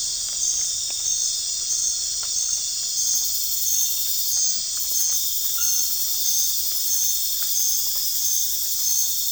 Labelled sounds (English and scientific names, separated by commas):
none